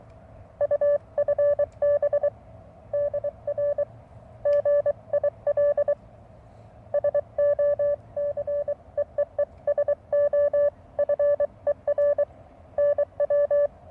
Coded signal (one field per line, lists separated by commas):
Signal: Morse code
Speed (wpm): 23 wpm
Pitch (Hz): 580 Hz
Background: none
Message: UFB DR GIL SO CEEE SO FER NW